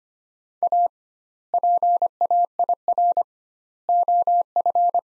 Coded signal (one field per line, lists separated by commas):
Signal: Morse code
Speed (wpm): 25 wpm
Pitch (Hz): 700 Hz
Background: none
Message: A PAIR OF